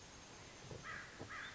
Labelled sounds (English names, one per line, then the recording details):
American Crow
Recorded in Sonoma County, California